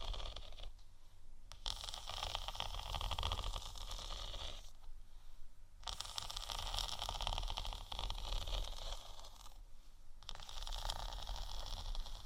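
Faux leather is scratched in long, dense, rasping strokes, with brief pauses near two, five and ten seconds over a steady low hum.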